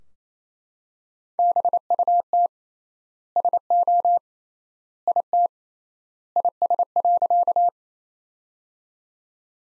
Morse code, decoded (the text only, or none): BUT SO IT IS.